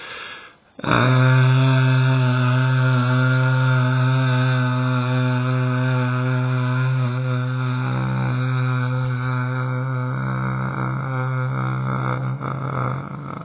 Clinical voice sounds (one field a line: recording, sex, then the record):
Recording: sustained vowel /a/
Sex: male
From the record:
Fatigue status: no fatigue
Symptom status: symptomatic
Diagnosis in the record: COVID-19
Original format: 3gp